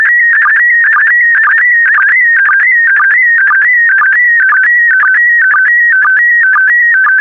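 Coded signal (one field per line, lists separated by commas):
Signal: SSTV (slow-scan television)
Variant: PD120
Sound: warbling tone shifting between pitches, with short low chirps about twice a second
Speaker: complete you can now check your decoded image against the picture that is shown on the video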